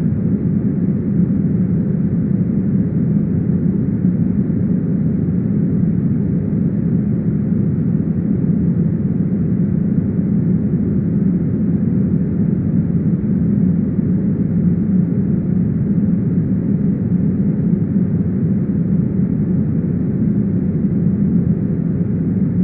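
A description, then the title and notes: Smoothed pink noise plays as a steady, unbroken hiss-rumble for the full length, with no events or changes. It sits low and dark, weighted toward a deep murmur with the top end cut away, like an engine drone. 8 hours of smoothed pink noise for deep sleep.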